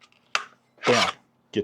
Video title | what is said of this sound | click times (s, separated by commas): The LILITH from @TOPSKnivesofficial ! Let's see this wicked lady in action! | this one is because it's a bit heavier I would not suggest doing that but pop it off like I said | 0.3 s